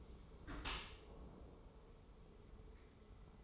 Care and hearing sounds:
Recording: daily activity, microphone in the room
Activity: close dishwasher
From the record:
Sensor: 1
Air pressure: 1015.0 hPa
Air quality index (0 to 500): 25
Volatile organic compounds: 0 ppm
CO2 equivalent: 500 ppm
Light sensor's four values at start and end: 13/30/12/13 and 13/30/12/13

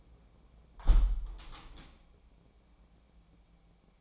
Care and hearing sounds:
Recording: daily activity, microphone in the room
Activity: close window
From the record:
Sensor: 1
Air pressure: 1012.4 hPa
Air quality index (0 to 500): 170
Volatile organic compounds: 3 ppm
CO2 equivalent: 1380 ppm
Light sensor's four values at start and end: 233/535/237/262 and 241/552/245/270

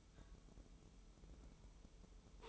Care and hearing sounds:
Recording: daily activity, microphone in the room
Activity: take from stove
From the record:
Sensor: 1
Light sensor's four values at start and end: 26/97/37/39 and 26/97/37/39

